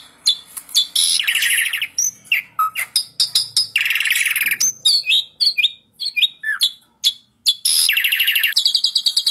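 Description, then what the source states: Asian pied starling song, a dense run of harsh chattering rattles, squeaky whistles and rapid buzzy trills, with short pauses between bursts. Masteran song-tutoring audio of Jalak Suren, meant to stimulate songbirds that sing too little and are listless.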